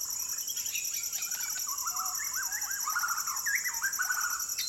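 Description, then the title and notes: White-crowned shama song, a string of rich, warbled whistled phrases rising and falling, over a steady high-pitched insect chorus. Fluting calls of several birds in a dusk chorus at sunset, jungle valley, Maliau NP, Borneo; recorded with Sony PCM D10, Lom MikroUsi mics and BubbleBee Windbubbles. "Borneo Rainforest - Evening - Dusk Chorus With Shama. The fluting calls of White-crowned shamas fill the valley as the sun sets over the jungles of Maliau NP, Borneo"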